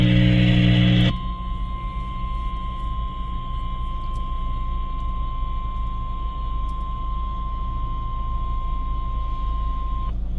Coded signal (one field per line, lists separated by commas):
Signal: Emergency Alert System (SAME) tones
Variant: 1050 Hz attention tone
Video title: Tornado Warning Emergency alert system for norman Ok FM